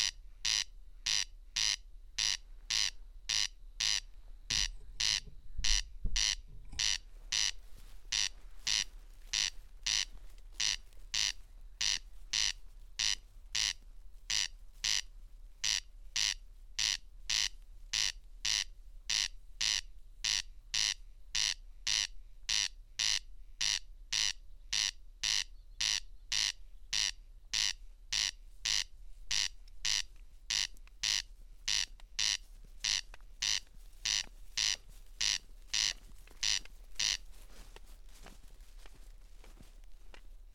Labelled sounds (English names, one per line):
Corn Crake song